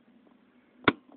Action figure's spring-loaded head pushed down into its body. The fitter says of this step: until it clicks like that